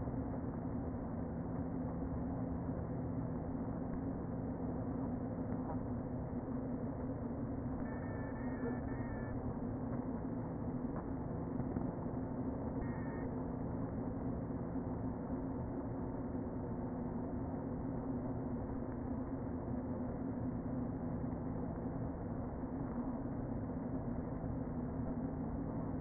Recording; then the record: honeybee colony, microphone inside the hive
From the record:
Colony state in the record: queen present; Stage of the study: before two queens were removed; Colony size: about 60,000 bees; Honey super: yes